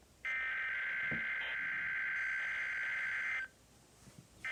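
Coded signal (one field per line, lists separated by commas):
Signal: Emergency Alert System (SAME) tones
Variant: header bursts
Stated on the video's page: Required Weekly Tests received from NOAA Weather Radio transmitters in Pennsylvania, Maryland, DC and Virginia on 162.400–162.550 MHz.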